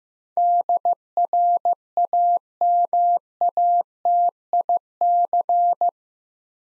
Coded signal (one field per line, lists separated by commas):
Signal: Morse code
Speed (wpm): 15 wpm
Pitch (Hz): 700 Hz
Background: none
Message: DRAMATIC